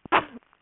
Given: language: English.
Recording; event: throat vibration sensor signal played as sound; cough